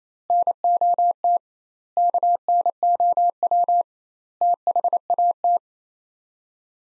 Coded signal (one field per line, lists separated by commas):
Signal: Morse code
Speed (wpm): 28 wpm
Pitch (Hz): 700 Hz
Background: none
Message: NOT KNOW THAT